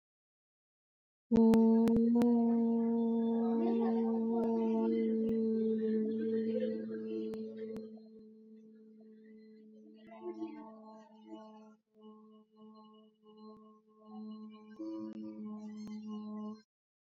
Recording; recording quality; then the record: sustained vowel as in boot; excellent, no background noise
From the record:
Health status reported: exposed to COVID-19, no respiratory illness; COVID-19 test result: negative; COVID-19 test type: RT-PCR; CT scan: not taken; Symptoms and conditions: sore throat, another condition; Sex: female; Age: 37 years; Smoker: no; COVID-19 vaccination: both doses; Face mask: not worn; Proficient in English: yes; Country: India